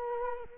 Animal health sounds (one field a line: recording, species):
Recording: mosquito wingbeat signal from an infrared sensor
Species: Culex quinquefasciatus